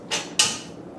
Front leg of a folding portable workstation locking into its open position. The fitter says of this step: so the first step is to swing out the front legs until they click into place